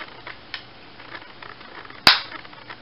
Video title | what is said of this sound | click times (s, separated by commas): Titans Return Overlord: That Weird Review #183 | that definitely snapped in there | 2.1 s